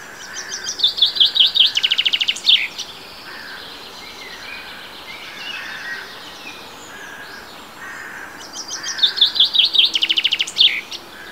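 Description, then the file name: Common chaffinch song, two full phrases with a pause between, each a series of bright notes ending in a flourish. "Fringilla coelebs"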